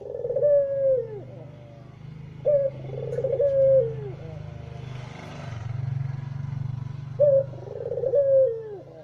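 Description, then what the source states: Barbary dove cooing: three rolling coos, each opening with a short sharp note, then a trilled roll and a long falling tone, spaced a few seconds apart over a low steady hum. White Barbary dove; masteran used by songbird keepers to tutor songbirds.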